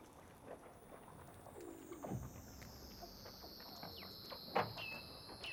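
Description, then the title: Weddell seal calls: faint long descending whistles sliding slowly downward, with scattered short chirps and clicks over a low rumbling background. Recorded underwater. "Douglas Quin - Weddell Seals (Underwater)"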